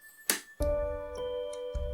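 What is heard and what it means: A DDR4 memory module is pressed firmly straight down on the side without a latch of a single-latch motherboard DIMM slot, since no click could be heard on that side. A sharp, brief click at 0.3 s marks the module seating, followed from about 0.6 s by a steady, tonal, music-like background. The module is confirmed seated.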